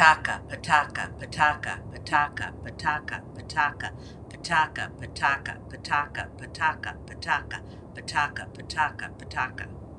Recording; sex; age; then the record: repeated syllables /pa ta ka/; female; 60 to 69 years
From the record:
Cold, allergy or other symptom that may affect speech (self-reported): no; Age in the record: 68 years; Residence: North Carolina, United States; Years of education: 17